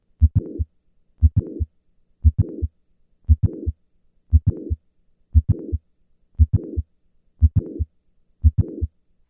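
Adult heart heard through a stethoscope at about 58 beats per minute, with mitral valve prolapse: each first heart sound is followed by a systolic click and a late systolic murmur running up to the second heart sound, heard just after a hand grip is released.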